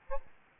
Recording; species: mosquito wingbeat signal from an infrared sensor; Aedes albopictus